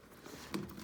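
A Hammerhead Karoo GPS bike computer is rotated on a rear-facing Garmin Edge mountain bike handlebar mount to lock it in place. A single sharp click sounds at about 0.6 seconds over faint background noise, and the unit is seated and locked in the mount.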